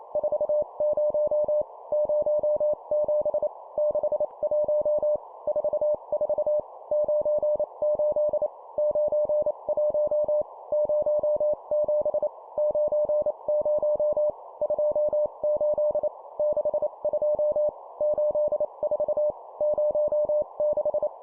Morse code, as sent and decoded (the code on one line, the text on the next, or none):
....- ----- / ----- --... / -.... .---- / ....- ....- / ----. ---.. / ----. .---- / ----- --... / ----. ----- / ..--- ---.. / -.... ..--- / ---.. ....- / ----- -....
40 07 61 44 98 91 07 90 28 62 84 06